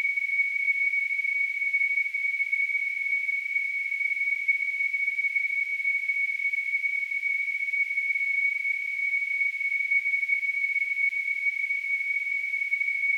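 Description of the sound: A steady, unbroken high-pitched whistle of about 2.3 kHz with a faint hiss above it, holding constant for the whole 13 seconds. It is a simulation of tonal tinnitus, the ringing or whistling some people hear without any outside sound.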